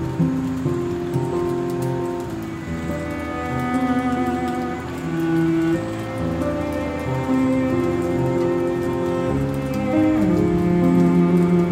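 Piano music plays over a steady rain. Slow, sustained chords and single notes ring out and change every second or two in the low and middle range, while the hiss of falling rain runs underneath at an even level throughout.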